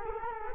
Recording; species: mosquito wingbeat signal from an infrared sensor; Culex quinquefasciatus